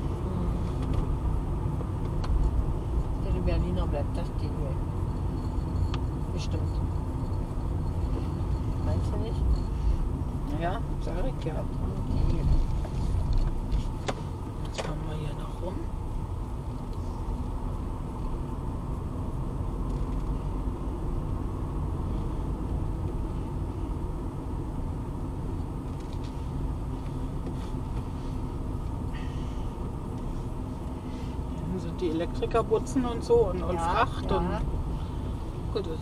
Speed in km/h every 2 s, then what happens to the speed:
21, 21, 26, 29, 27, 25, 23, 22, 23, 27, 29, 30, 27, 23, 22, 22, 22, 21.
0-6 speeds up to 29. 6-14 slows to 22. 14-21 speeds up to 30. 21-28 slows to 22. 28-36 steady at about 22.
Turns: 15-28.